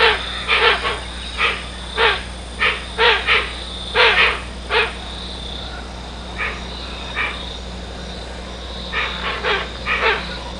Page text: Гоацин - Hoatzin (Opisthocomus hoazin)